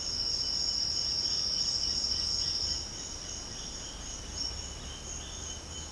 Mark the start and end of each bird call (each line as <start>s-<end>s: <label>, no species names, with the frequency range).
0.00s-5.91s: bird call (1.6-3.7 kHz)